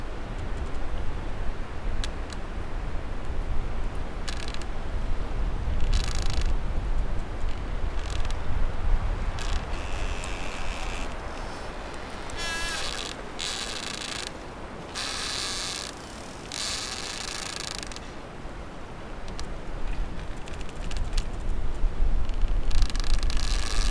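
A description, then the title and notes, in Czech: Wind rushes steadily through a small wood, a low continuous roar with gusts swelling near the start and end. Over it come bursts of creaking and scraping from rubbing tree trunks, clustered between about ten and eighteen seconds, some drawn out, some brief and grinding. Vrzání kmenu stromu, přírodní park Velkopopovicko. Už na lesní cestě, na kterou jsem odbočil při cestě od hřbitova v Pyšelích, jsem slyšel vítr a slyšitelné vrzání kmenů stromů v přilehlém lesíku.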